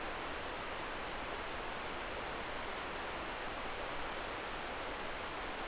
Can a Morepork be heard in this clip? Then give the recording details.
no. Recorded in New Zealand. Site Eglinton